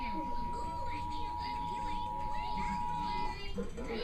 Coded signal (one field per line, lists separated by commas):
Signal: Emergency Alert System (SAME) tones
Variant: 853 and 960 Hz attention tone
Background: speech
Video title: (EAS#11-15) Radio and TV Required Monthly Test